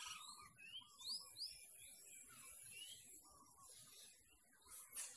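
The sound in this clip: Birds give thin whistled upslurred notes, a quick pair near the start and another later, over a constant high hiss.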